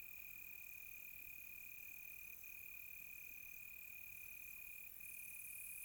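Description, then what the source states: Cricket chorus: a continuous high trill that drops out twice for an instant, over a soft, shimmering higher buzz of more insects. Crickets recorded close by on a quiet tropical night.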